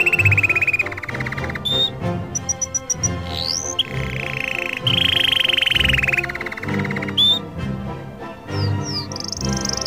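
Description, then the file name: Canary singing long rolling trills broken by short rising whistles and a fast run of high pips, all over continuous background music. Canary song mixed with music. "suara kenari dan musik"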